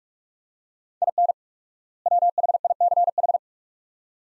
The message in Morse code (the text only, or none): IN WHICH